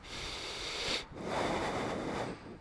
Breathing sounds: one breath in and out by a microphone near the nose and mouth; deep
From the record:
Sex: male

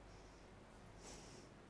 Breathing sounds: one breath in and out by a microphone near the nose and mouth; normal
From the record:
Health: marked as sick, illness not named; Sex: female

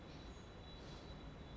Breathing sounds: one breath in and out by a microphone near the nose and mouth; normal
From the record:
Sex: male

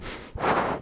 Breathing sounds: one breath in and out by a microphone near the nose and mouth; strong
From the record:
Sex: male

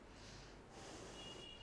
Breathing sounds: one breath in and out by a microphone near the nose and mouth; normal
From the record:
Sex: female

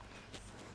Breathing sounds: one breath in and out by a microphone near the nose and mouth; strong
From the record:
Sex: male

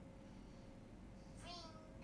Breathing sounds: one breath in and out by a microphone near the nose and mouth; normal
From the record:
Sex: male

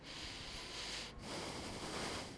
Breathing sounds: one breath in and out by a microphone near the nose and mouth; deep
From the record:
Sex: male

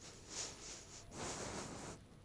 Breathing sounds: one breath in and out by a microphone near the nose and mouth; strong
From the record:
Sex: male

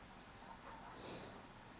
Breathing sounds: one breath in and out by a microphone near the nose and mouth; normal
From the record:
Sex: male

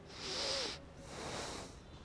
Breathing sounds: one breath in and out by a microphone near the nose and mouth; deep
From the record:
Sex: male

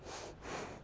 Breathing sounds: one breath in and out by a microphone near the nose and mouth; strong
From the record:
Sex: female

